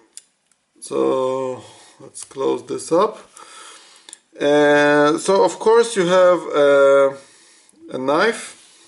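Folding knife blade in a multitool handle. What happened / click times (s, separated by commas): The blade is being handled and has not yet locked open / none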